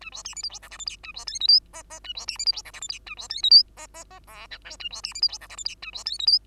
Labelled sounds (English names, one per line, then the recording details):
Bengalese Finch song
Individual Bird2